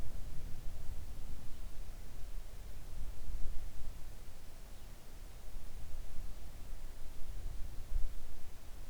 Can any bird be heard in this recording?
no